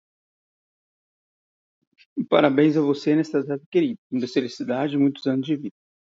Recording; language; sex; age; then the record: short text; Brazilian Portuguese; male; 30 to 39 years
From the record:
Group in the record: control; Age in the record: 38 years